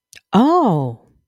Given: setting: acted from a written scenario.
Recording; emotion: vocal sound without words; interest